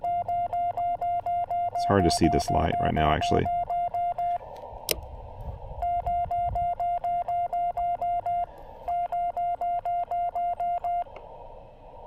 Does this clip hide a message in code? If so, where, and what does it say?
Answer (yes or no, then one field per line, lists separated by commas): no